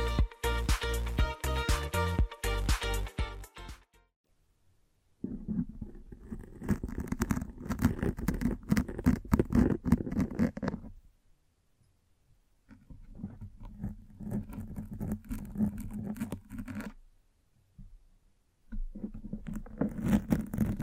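Microphone brushing and scratching, opening with a burst of sharp, rapid scraping clicks for about four seconds. After a short silence come longer stretches of low, rumbling rubbing with quick crackles, broken by gaps near 11 and 17 seconds before resuming at the end.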